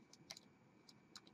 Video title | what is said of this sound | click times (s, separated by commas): Make a Raspberry Pi Rover that you can drive from anywhere | clicks in all right I think it's ready to go okay | 0.3 s